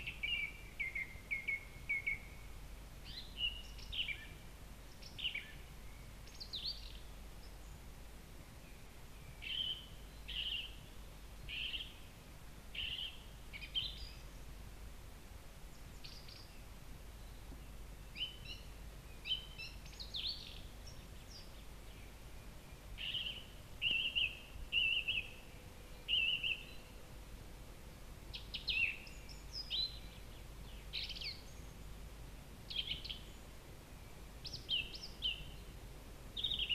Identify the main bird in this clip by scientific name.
Turdus philomelos